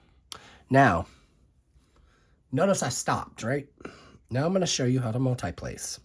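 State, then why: Seated. A small square resin drill is placed onto an adhesive diamond-painting canvas and snaps into position against its neighbouring drills, giving a slight, sharp snap at 0.3 s. The drill is seated, and someone then talks.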